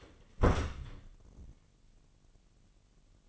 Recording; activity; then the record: daily activity, microphone in the room; close door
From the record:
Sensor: 4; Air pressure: 999.2 hPa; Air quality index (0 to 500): 114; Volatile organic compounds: 2 ppm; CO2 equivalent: 1122 ppm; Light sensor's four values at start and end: 12/30/12/13 and 13/30/12/13